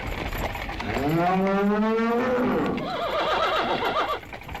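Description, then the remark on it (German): Cattle in a herd of horses, mules, cows, bulls and sheep low in a long, rising, drawn-out call, followed by a quavering, warbling animal cry over a steady rumble of herd noise, with no voices. “Pferde, Maulesel, Kühe, Stiere, Hammelherden.”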